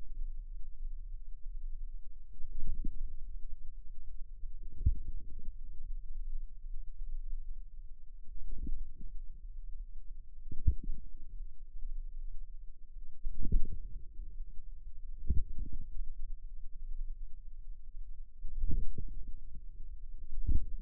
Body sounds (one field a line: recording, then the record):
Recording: forearm muscle sounds (acoustic myography)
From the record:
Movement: inward rotation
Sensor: system 2, bracelet of six BSWA MPA416 microphones around the upper forearm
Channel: 6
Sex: female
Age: 23 years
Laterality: right